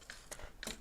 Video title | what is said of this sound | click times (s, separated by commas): UNBOXING CLAVIER GAMER CORSAIR !!!! Le K55 | va venir se clipser là et | 0.6 s